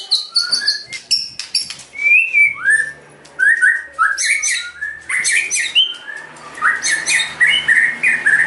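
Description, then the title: White-rumped shama song, a fast varied run of whistled slurs, chirps and harsh high bursts, phrases tumbling together with brief quieter gaps. Used as a lure to provoke a response. "PANCINGAN MURAI BATU GACOR"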